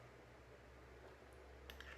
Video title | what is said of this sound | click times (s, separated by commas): Yamaha YEV 105 vs NS Design WAV 5 | shoulder rest easy enough pops right into here | 1.7 s, 1.8 s